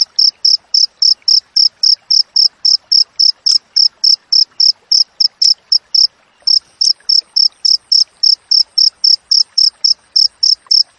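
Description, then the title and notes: Cricket giving a fast, regular run of high chirps, about four a second, with a brief break midway before the rhythm resumes. Natural cricket chirping with tightly spaced pauses, used as master audio for training songbirds and for repelling rats. "Masteran Jangkrik Alam Jernih, Jeda Rapat Cocok Untuk Masteran Burung Dan Mengusir Tikus. suara jangkrik"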